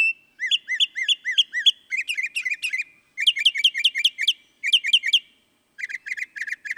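Northern mockingbird song, a varied run of phrases, each note type repeated several times in quick succession: arched whistles, buzzy chips, then sharp high notes after short pauses.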